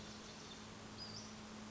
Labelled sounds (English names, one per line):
Western Flycatcher